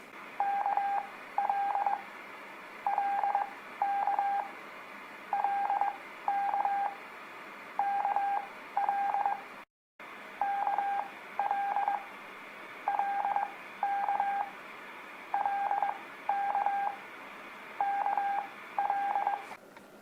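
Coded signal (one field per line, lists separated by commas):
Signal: Morse code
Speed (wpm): 19 wpm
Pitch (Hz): 800 Hz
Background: none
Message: KL LK LK KL KL LK LK KL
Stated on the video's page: Beginner Morse practice of letters K, L, M, N, O, aimed at kids.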